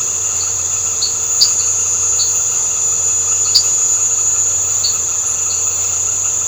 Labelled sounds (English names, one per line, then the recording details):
none
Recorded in secondary vegetation near Puerto Asís, Putumayo, Colombia, on 21 March 2025 at 19:00
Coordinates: 0.468, -76.324
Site G059